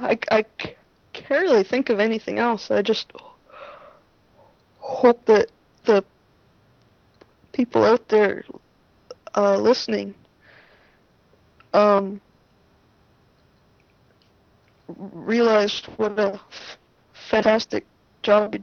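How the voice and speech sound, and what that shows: Adult woman who stutters, speaking in an interview, her speech broken by long silent mid-phrase pauses of up to three seconds: stuttering blocks.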